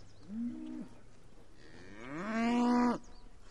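Cow lowing twice, a short flat moo followed after a pause by a longer, louder moo that rises and strains before cutting off.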